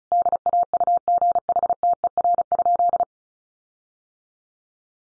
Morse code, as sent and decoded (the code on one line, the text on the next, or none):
-.. .- ..- --. .... - . .-. ..--..
DAUGHTER?